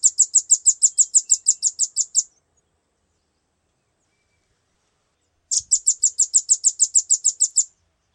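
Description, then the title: Velvet-fronted nuthatch giving two long, rapid trills of many high, piercing chip notes, split by a quiet pause of roughly three seconds. "Suara burung rambatan"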